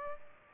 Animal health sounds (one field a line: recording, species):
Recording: mosquito wingbeat signal from an infrared sensor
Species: Culex pipiens